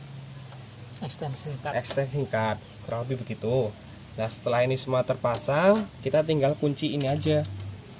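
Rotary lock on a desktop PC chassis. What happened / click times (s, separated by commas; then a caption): Handled, not yet home: no seating click yet / none. Someone talks while handling the rotary lock on an old Siemens desktop PC chassis, with all parts fitted and the lock about to be turned. Nothing has seated or clicked yet by the end of the clip.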